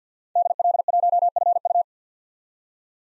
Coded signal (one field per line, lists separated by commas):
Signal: Morse code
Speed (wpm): 50 wpm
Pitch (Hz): 700 Hz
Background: none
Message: DL1FU